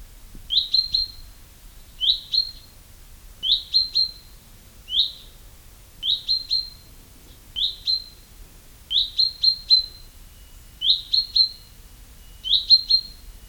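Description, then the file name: Common chaffinch calling steadily with bright, clipped, falling notes, mostly in doublets and triplets, repeated roughly every one and a half seconds over a quiet background. "Fringilla coelebs"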